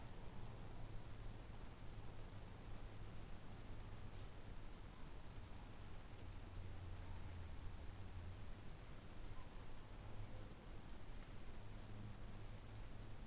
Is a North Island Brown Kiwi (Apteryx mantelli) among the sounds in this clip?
no